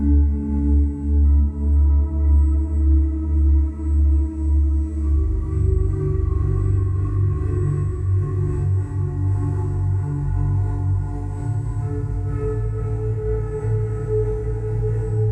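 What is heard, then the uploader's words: Atmospheric ambient guitar drone made of sustained, overlapping tones that hold low and steady throughout. A slow, regular pulsing beats through the deep low end for the first five seconds, then the sound thickens and shimmers with denser wavering tones and faint brighter overtones. Atmospheric drone ambient guitar tones and binaural beats tuned to the healing frequency of 432Hz.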